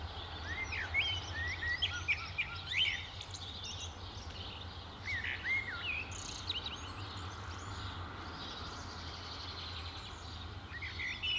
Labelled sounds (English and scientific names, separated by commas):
Common Blackbird (Turdus merula) song